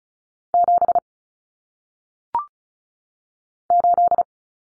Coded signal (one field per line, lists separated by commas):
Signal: Morse code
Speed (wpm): 36 wpm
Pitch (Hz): 700 Hz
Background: none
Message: 7 8